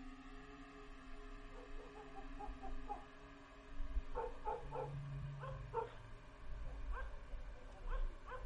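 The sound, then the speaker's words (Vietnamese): Several village dogs bark in scattered, overlapping bursts with a low growl rumbling underneath, the yaps rising in clusters and fading between, over a steady background hum. “Chó ở trong thôn bắt đầu gằn lên mà sủa nhấm nha nhấm nhằng.”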